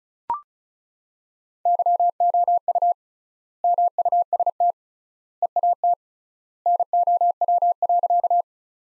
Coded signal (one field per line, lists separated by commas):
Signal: Morse code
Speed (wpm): 36 wpm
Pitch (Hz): 700 Hz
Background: none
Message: YOU MUST EAT NOW.